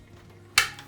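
The top handheld main body of a Shark DuoClean corded stick vacuum is pushed onto its telescopic wand and snaps home with a single sharp, loud click at 0.6 s, after near-silence. The click rings bright and broadband, then fades over about 0.2 s with a faint after-tick near 0.8 s. The body is seated on the wand.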